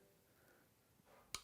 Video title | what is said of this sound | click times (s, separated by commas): 100% completing the LS3 and Tremec 6 speed - Chevy Nova Build Part 16 | and you don't want to stop until it clicks | 1.3 s